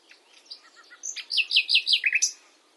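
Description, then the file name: Common nightingale song: soft opening notes, then a loud phrase of several repeated sweeping chirps, ending in a sharp flourish. "Luscinia megarhynchos"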